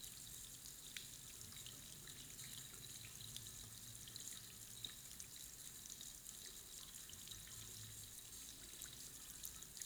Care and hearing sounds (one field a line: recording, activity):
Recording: daily activity, guitar pickup as the sensor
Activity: wash hands